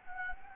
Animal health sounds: mosquito wingbeat signal from an infrared sensor; Anopheles gambiae

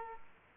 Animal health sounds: mosquito wingbeat signal from an infrared sensor; Aedes aegypti

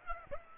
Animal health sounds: mosquito wingbeat signal from an infrared sensor; Aedes aegypti

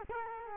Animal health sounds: mosquito wingbeat signal from an infrared sensor; Culex quinquefasciatus

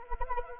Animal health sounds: mosquito wingbeat signal from an infrared sensor; Anopheles arabiensis

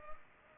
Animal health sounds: mosquito wingbeat signal from an infrared sensor; Culex pipiens

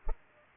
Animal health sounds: mosquito wingbeat signal from an infrared sensor; Culex pipiens

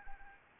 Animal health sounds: mosquito wingbeat signal from an infrared sensor; Anopheles arabiensis

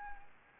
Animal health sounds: mosquito wingbeat signal from an infrared sensor; Anopheles arabiensis

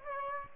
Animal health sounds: mosquito wingbeat signal from an infrared sensor; Aedes aegypti

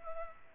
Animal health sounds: mosquito wingbeat signal from an infrared sensor; Culex pipiens

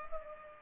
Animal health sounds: mosquito wingbeat signal from an infrared sensor; Culex pipiens

